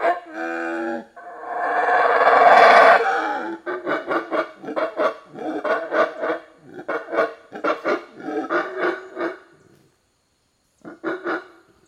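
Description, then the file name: Monkey giving a harmonic hoot, then a swelling loud roar followed by a long run of quick, rhythmic barks that pause and resume briefly. Loud calling in forest. "animal monkey loud calling in forest"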